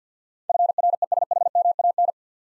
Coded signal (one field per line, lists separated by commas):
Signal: Morse code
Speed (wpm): 52 wpm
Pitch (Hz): 700 Hz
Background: none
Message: FRESHMAN